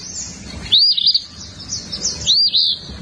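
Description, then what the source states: Eastern Phoebe song: a raspy two-part fee-bee phrase, sung twice about one and a half seconds apart. Heard every spring over most of Canada and about half of the U.S.; raspy song that says its own name.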